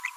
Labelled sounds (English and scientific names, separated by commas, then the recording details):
Green-rumped Parrotlet (Forpus passerinus) babbling
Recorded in a nest box in Venezuela
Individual 18B25A4